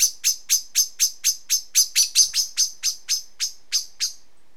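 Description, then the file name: Common blackbird calls: a steady series of sharp, metallic chinks. "Turdus merula"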